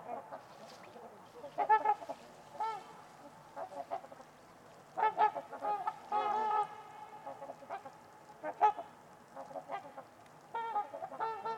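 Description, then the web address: Trumpeter swans trading resonant honks in irregular groups, some single and some in quick overlapping runs, separated by calm pauses. Trumpeter swans on a winter's eve at Winters Lake in a deep, silent valley, with distant white noise noted. "Trumpeter Swans on a Winter's Eve. Winters-Lake-with-Swan. Wind Is the Original Radio"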